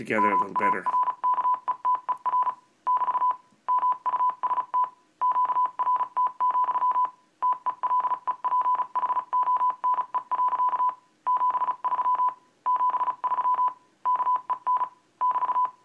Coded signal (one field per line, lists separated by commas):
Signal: Morse code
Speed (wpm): 36 wpm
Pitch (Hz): 1000 Hz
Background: speech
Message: MARKETER <BT> MUST QRT, TELEPHONE. 73 73 KEN <BT>